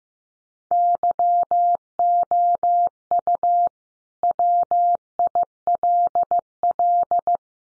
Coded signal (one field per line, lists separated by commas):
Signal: Morse code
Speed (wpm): 15 wpm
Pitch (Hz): 700 Hz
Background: none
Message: YOU WILL